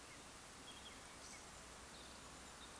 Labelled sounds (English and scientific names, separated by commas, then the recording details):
Eurasian Woodcock (Scolopax rusticola) whistle
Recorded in Baden-Württemberg, Germany, on 2 June 2020 at 19:43 UTC
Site 46190, 1214 m above sea level